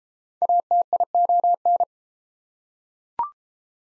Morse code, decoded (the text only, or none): ATION